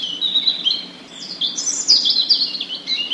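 A European robin sings alone, a run of high, thin warbling phrases that rise and dip in pitch, trilling and tumbling over one another at a steady, moderate loudness.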